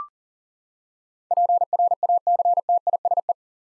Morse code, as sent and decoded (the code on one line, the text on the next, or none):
.--. .-. .- -.-. - .. ... .
PRACTISE